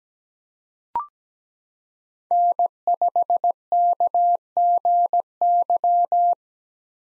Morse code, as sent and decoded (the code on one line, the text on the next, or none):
-. ..... -.- --. -.--
N5KGY